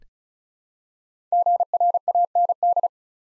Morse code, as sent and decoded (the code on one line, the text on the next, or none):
--. .-. .- -. -..
GRAND